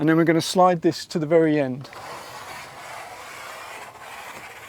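Someone talks for the first 1.8 seconds, then a steady rasping, sliding sound follows as the awning leg slider on a VW T6 campervan awning is slid along its track toward the very end. Nothing has clicked or seated yet.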